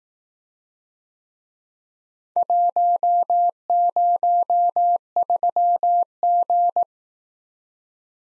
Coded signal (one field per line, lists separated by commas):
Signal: Morse code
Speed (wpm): 18 wpm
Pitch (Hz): 700 Hz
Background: none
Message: 103G